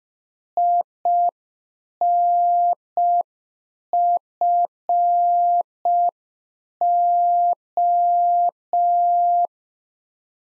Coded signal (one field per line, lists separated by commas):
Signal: Morse code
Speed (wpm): 5 wpm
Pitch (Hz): 700 Hz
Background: none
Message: INFO